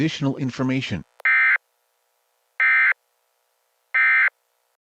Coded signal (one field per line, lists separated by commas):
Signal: Emergency Alert System (SAME) tones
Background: speech